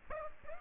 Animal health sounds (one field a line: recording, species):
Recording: mosquito wingbeat signal from an infrared sensor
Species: Aedes aegypti